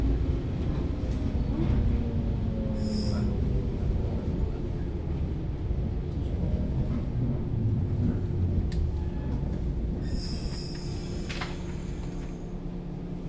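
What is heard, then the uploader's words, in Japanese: An older electric commuter train runs between two coastal stations, a steady, dense low rumble with a constant motor hum. Brief high squeals cut in around three seconds and again near ten to eleven seconds. 信越本線115系 笠島～青海川。Shin-Etsu Line Type 115 Kasashima to Omigawa。ZOOM H2。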